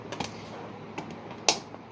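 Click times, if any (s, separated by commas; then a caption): 1.5 s. The clear plastic front door of a See Spring plastic shoe storage box is fitted onto the box. A few light plastic taps come at about 0.1 s, 0.2 s and 1.0 s, then a sharp, loud click at 1.5 s as the door hinge snaps on, followed by a faint tap at 1.7 s. The door is seated on the box.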